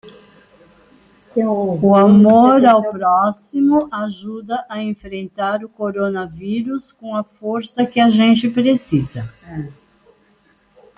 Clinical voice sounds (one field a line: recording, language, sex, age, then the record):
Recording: spoken sentence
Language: Brazilian Portuguese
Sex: female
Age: 70 to 79 years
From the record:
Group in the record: control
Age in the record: 73 years